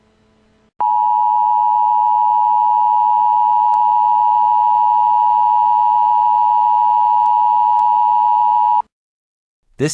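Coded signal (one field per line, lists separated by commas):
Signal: Emergency Alert System (SAME) tones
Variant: 853 and 960 Hz attention tone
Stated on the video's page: Fictional EAS scenario.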